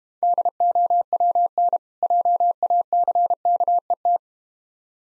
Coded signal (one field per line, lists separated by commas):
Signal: Morse code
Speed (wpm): 31 wpm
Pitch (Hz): 700 Hz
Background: none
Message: DOWN JACKET